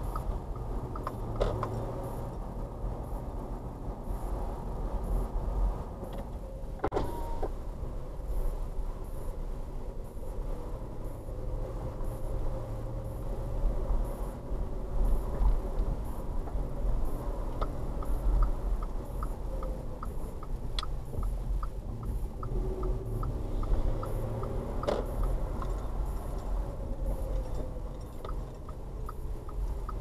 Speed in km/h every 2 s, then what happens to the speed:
15, 18, 18, 18, 16, 16, 18, 19, 19, 19, 11, 13, 18, 18, 16.
0-18 steady at about 18. 18-20 brakes to 11. 20-24 speeds up to 18. 24-30 steady at about 18.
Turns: 19-22.